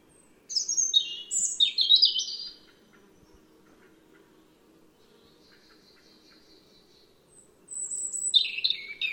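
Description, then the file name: European robin song in two bursts of thin, high, tumbling notes, the second starting after a pause of about five seconds. "Erithacus rubecula"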